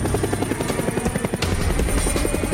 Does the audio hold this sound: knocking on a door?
no